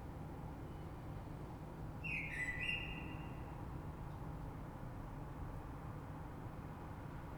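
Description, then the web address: Common blackbird song: a single short fluted phrase with a high squeaky flourish, over constant low hum; otherwise quiet. Recorded 3 March 2020. "oiseaux Rush Merle 3-3-2020"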